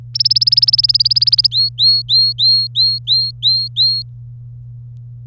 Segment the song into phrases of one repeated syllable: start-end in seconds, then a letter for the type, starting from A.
0.15-1.47 A, 1.51-4.02 B